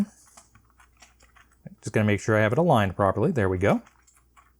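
A homemade resin keycap is lined up over a mechanical keyboard switch stem, with a series of faint, light tapping and handling clicks during the first 1.7 seconds. Someone then talks over the rest of the clip. The keycap has not seated or clicked onto the stem yet.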